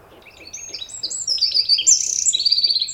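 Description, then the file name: Eurasian wren singing a fast, ringing series of high notes and trills that grow louder throughout, with faint low background rumble. "Troglodytes troglodytes"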